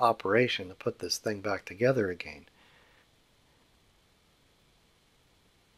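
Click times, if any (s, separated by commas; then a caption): none. A plastic interior tub is being worked into position over the dashboard pin and notch of a die-cast Dinky 131 Jaguar 2+2 toy car during restoration, a fiddly alignment that is driving the restorer crazy. Someone talks for the first 2.5 seconds, then only faint, quiet handling noise remains. Nothing has seated or clicked yet.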